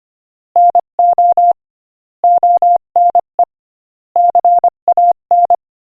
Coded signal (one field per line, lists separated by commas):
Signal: Morse code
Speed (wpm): 25 wpm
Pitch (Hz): 700 Hz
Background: none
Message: NO ONE CAN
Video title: Morse Code Practice: 25 wpm Inspirational Quote 14